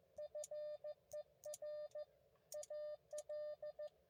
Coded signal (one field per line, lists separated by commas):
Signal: Morse code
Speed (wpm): 15 wpm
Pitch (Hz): 590 Hz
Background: none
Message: FER AL